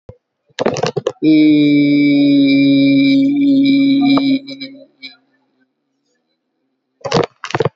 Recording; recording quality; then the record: sustained vowel as in beet; moderate, slight background noise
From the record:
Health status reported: COVID-19 positive, mild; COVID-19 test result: positive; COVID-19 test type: RT-PCR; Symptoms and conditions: cough, cold, muscle pain, chronic lung disease, ischaemic heart disease, another condition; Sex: female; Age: 81 years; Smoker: no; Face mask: not worn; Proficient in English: no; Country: India